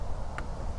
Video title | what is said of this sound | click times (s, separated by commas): Saris SuperClamp EX Hitch Rack | part locks in place so now you can't unscrew the bolt that goes through because | 0.4 s